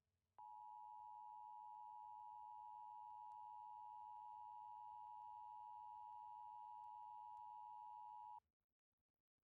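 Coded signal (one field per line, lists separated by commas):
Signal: Emergency Alert System (SAME) tones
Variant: 853 and 960 Hz attention tone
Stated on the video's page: Fictional EAS scenario of California severe weather using valid EAS tones.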